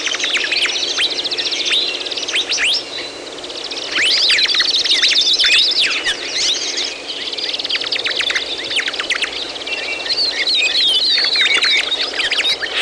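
Dense bird song: many overlapping chirps, rattling trills and high sweeping notes, dipping briefly before swelling again and continuing steadily.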